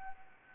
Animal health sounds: mosquito wingbeat signal from an infrared sensor; Anopheles arabiensis

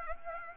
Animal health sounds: mosquito wingbeat signal from an infrared sensor; Anopheles arabiensis

